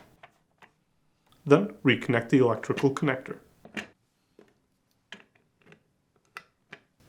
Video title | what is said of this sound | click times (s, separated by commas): How to replace Base Cover part # DD81-02286A on your Samsung Dishwasher | align the leak sensor holder to the base and press until it snaps into place | 0.2 s